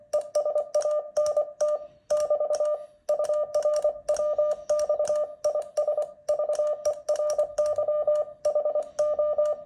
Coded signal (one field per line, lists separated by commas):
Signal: Morse code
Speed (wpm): 24 wpm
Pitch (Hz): 600 Hz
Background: none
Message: ES ANT <BT> UR WX IS VERY HO